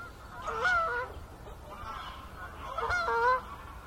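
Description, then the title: Goose honks, two loud nasal calls about two seconds apart, with a faint low hum behind. Gaggles of geese in fields by the River Thame, England, UK, morning of 23 September 2023, excited by the amount of water across flooded meadows. "Gaggles of geese, River Thame, England, UK on 23rd September 2023"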